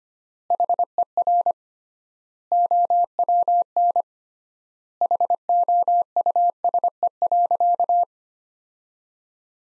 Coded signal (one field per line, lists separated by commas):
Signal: Morse code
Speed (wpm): 25 wpm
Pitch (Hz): 700 Hz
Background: none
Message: HER OWN HOUSE.